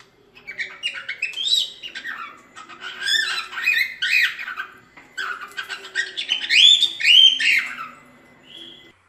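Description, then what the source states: Cockatiels whistling and chattering, with bursts of warbled, rising and falling phrases broken by short pauses. Several cockatiels, singing and whistling.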